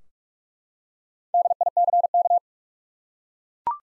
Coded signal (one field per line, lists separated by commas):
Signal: Morse code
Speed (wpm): 43 wpm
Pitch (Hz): 700 Hz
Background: none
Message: DICK